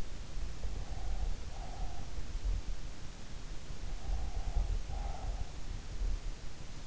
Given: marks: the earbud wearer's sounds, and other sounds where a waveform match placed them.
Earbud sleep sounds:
sounds in sleep by an in-ear microphone; breath
0.59-2.37 s: breath
3.72-5.79 s: breath

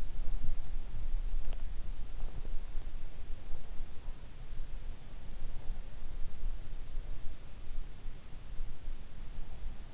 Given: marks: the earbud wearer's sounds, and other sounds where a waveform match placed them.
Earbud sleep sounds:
sounds in sleep by an in-ear microphone; body movement
0.00-2.58 s: body movement

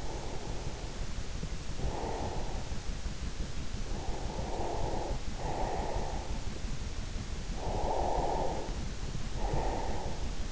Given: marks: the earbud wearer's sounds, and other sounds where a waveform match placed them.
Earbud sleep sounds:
sounds in sleep by an in-ear microphone; breath
0.00-3.12 s: breath
3.76-6.88 s: breath
7.40-10.52 s: breath

